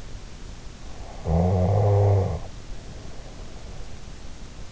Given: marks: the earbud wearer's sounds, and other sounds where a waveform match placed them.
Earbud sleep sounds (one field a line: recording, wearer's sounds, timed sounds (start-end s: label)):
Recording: sounds in sleep by an in-ear microphone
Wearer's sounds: snoring breath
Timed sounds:
1.15-3.64 s: snoring breath